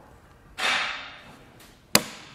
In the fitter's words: match the grooves on the inside of the foot snaps